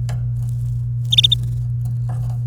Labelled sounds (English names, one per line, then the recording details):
Domestic Canary song
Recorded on 28 April 2018 at 08:48
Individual llb3